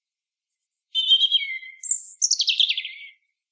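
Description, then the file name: European robin singing one short phrase: a thin high whistle, then tumbling notes and a fast descending trill, in a quiet background. "Erithacus rubecula"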